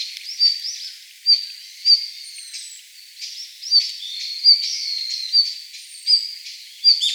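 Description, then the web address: Red-flanked bluetail giving sharp high whistled notes with clicking ticks, several calls at an uneven pace; faint thin whistles. Recorded on 25 November 2016. "birdenaga ruribitaki"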